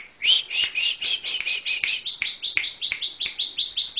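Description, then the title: Bar-winged prinia song: a continuous run of quick, high, slightly rising chips, steady and repeated, with faint clicking sounds in the background. "Suara Burung Ciblek"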